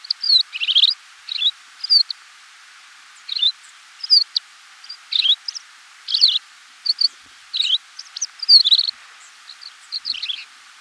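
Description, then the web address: Paramo Pipit song, a long run of short, high, sharp twittering phrases with brief pauses between them, continuing through the whole stretch. Ecuador. "Natures Songs S America Birds of Ecuador Paramo Pipit"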